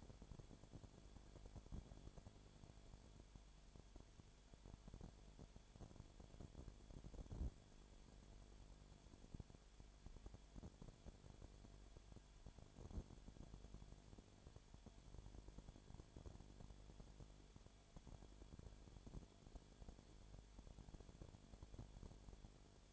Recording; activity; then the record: daily activity, microphone in the room; no activity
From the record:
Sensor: 5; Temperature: 19.9 degrees Celsius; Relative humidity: 37.1%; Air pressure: 1007.4 hPa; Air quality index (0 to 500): 84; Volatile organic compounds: 1 ppm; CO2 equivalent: 958 ppm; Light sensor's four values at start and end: 2/3/1/1 and 2/3/1/1